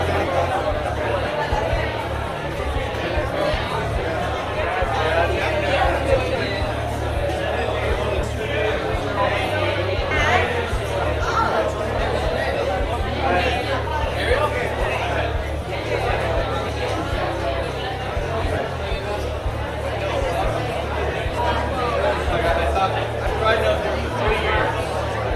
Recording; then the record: background sound without coughing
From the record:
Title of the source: CITY SOUNDS Busy Bar in the Evening Night - 2 HOURS of Ambiance for Relaxation